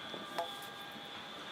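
A 40 mm semi-rigid waste-water pipe is pushed into its coupling sleeve. A single short knock is heard at 0.4 s over a steady background hum with a faint tone. The pipe seats firmly in the sleeve.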